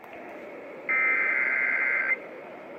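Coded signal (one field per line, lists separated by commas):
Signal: Emergency Alert System (SAME) tones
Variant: header bursts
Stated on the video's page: Alerts during a severe weather outbreak, captured from four different stations.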